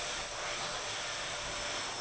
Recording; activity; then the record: daily activity, microphone in the room; vacuum cleaning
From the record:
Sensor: 5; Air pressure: 988.8 hPa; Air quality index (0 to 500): 236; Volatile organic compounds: 200 ppm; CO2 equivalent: 4213 ppm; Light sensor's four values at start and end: 39/121/47/50 and 39/121/47/50